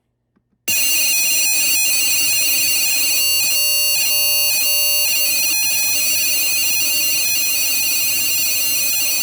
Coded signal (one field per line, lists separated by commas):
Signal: data over sound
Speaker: if I go down to 25 milliseconds per sampling period this tends to give give give me a lot more problems